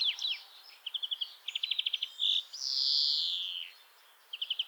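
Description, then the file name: European greenfinch twittering in short rapid trills, then a long nasal wheeze falling in pitch, followed by another quick trill. "Chloris chloris"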